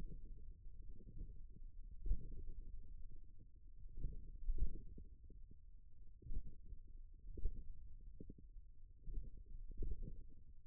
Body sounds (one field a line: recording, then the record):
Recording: forearm muscle sounds (acoustic myography)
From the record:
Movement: index flexion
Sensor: system 1, eight BSWA MPA416 microphones around the upper forearm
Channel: 6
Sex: male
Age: 41 years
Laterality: right